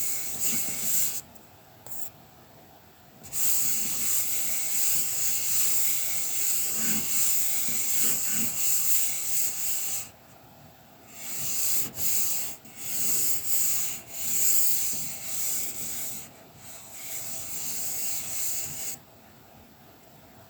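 Dry scratching of coloured pencil on paper, a bright, hissy rubbing that runs in long stretches. It breaks off in brief pauses near the start and around ten seconds, then returns in shorter, choppier strokes before fading to quiet in the last second or two.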